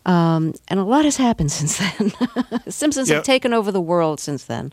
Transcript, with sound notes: And a lot has happened since then (laughter)
Yeah.
"The Simpsons" have taken over the world since then.